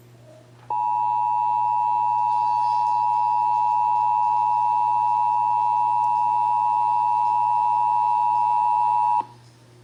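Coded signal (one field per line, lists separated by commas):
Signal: Emergency Alert System (SAME) tones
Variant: 853 and 960 Hz attention tone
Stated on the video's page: Texas required monthly test as aired on several radio and TV stations.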